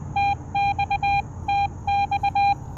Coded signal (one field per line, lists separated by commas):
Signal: Morse code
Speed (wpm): 22 wpm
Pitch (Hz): 800 Hz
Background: none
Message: TX TX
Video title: POTA Activation with Xiegu X6200 – Is the Keyer Issue Fixed in Firmware v1.0.1?